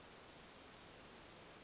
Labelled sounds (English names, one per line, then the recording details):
California Towhee
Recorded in Sonoma County, California